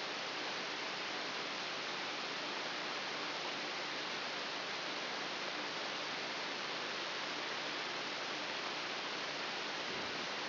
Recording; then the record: brain microelectrode recording played as sound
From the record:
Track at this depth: outside the subthalamic nucleus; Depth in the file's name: 4.898 mm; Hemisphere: left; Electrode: 3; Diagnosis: Parkinson's disease